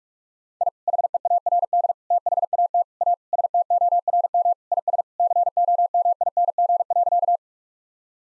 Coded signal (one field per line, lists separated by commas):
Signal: Morse code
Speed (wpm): 46 wpm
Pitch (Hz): 700 Hz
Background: none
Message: I HEARD THAT A STORM IS COMING.